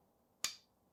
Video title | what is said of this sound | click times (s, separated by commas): The Noisy Cricket - Replica Prop Build | oh that click sounded so good that is in there | 0.4 s